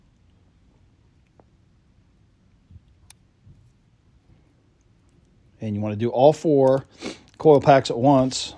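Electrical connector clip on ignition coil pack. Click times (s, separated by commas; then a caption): 3.1 s. The little plastic locking clip on an ignition coil pack connector of a VW Golf GTI 2.0 is pulled up and pushed from the bottom with a screwdriver, and a sharp click at 3.1 s marks the clip releasing. A few faint taps come before it in a quiet stretch, and from about 5.6 s someone talks.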